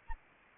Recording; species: mosquito wingbeat signal from an infrared sensor; Anopheles arabiensis